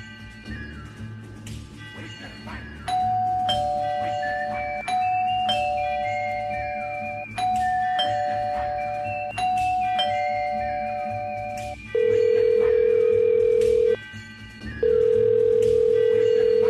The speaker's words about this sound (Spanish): Hace 10 minutos estoy tocando timbre, esperando que el hombre me atienda y nada.